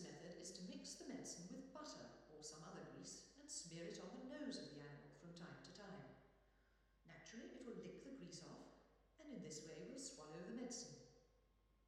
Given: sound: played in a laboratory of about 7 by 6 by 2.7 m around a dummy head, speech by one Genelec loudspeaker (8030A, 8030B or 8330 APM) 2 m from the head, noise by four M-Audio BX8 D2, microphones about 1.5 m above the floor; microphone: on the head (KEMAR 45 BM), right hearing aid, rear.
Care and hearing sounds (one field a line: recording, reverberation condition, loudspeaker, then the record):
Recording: female speech in English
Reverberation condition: high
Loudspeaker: behind (180 degrees)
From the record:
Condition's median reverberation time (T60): about 1300 ms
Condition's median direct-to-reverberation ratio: about -4.0 dB